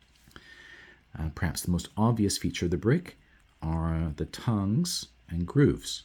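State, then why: Seated. Two 3D-printed 1/10-scale plastic building bricks are stacked, the top bumps seating into the cavities of the brick above, and they lock into place with a short, sharp click at 0.4 s. Someone then talks.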